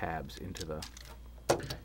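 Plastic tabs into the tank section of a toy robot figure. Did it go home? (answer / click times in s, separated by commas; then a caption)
yes / 1.5 s. Someone talks while the plastic tabs of a Transformers Universe/Classics 2.0 Tankor (Octane) figure are pushed into its tank section to hold it in place. A sharp plastic click sounds at 1.5 s, followed by a fainter tick, and the tabs are seated.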